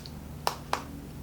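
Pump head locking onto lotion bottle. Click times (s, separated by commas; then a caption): 0.5 s, 0.7 s. The pump head of a plastic lotion bottle is twisted into its locked position, so the lotion cannot accidentally pump out in a bag. Two short, sharp clicks are heard at 0.5 s and 0.7 s over a low steady hum, after a faint tick near the start. The pump head locks into place.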